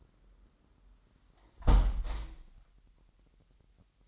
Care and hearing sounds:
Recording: daily activity, microphone in the room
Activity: close window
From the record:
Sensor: 3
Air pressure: 998.5 hPa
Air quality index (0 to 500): 142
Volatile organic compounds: 5 ppm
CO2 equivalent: 1708 ppm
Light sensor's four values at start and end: 9/22/9/10 and 9/21/9/9

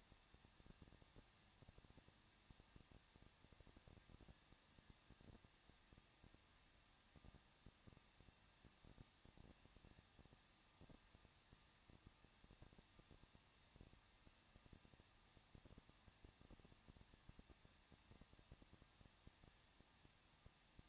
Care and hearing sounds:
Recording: daily activity, microphone in the room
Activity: no activity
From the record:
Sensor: 3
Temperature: 21.2 degrees Celsius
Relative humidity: 36.3%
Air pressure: 1006.5 hPa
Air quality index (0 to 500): 221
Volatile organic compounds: 39 ppm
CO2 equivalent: 3134 ppm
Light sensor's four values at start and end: 2/3/2/2 and 2/3/2/2

